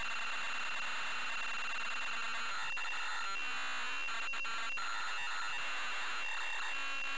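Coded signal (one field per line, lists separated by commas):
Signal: computer data on cassette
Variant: Amstrad CPC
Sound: continuous harsh buzzing screech with steady whine, brief clicks and dropouts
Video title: Camelot Warriors (Amstrad CPC) - Full tape loading sequence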